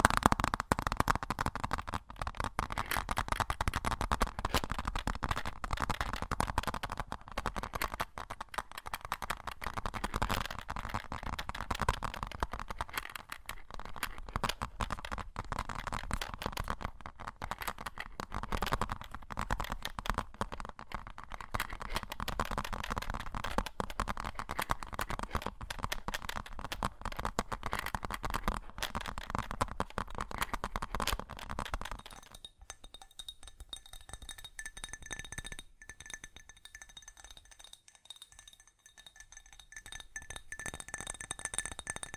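Fast tapping, with dense, rapid clicks and light clinks crowding the first half-minute at a fairly even level. Around 32 seconds the tapping stops and a quieter stretch follows, with a faint high tone and scattered soft sounds until the end.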